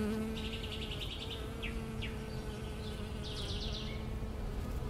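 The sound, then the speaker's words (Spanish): A steady, droning hum of bees buzzing continuously, introducing the segment "Susurro de Abejas", with short bursts of high, rapid chirping trills rising above it a few times. No one speaks. “Con ustedes, Susurro de Abejas.”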